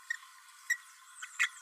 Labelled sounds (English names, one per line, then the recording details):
Green-rumped Parrotlet babbling
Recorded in a nest box in Venezuela
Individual 18B12A3